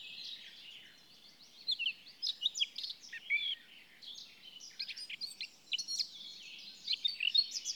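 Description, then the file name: Eurasian blackcap giving dense, scratchy warbling with many quick chirps throughout. "Sylvia atricapilla"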